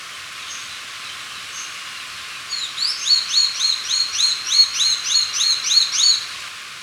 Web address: Natures Songs S America Birds of Ecuador Hooded Mountain-Tanager